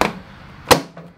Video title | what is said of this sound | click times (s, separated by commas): ★How to Cover a Motorcycle Seat - Start to Finish SEAT UPHOLSTERY - Cafe Racer Garage | latches down so I'm stoked really stoked that it's actually working out as planned so | 0.7 s